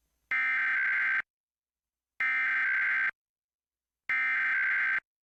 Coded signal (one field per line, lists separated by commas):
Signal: Emergency Alert System (SAME) tones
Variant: header bursts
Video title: Required Monthly Test for Delaware on WPPX-DT8 [EAS #510]